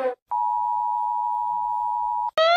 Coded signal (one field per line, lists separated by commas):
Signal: Emergency Alert System (SAME) tones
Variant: 853 and 960 Hz attention tone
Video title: EAS animation 3